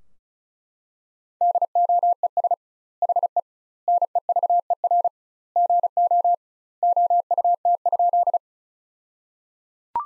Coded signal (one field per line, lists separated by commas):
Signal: Morse code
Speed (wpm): 34 wpm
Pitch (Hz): 700 Hz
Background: none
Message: DOES HE NEVER GO OUT?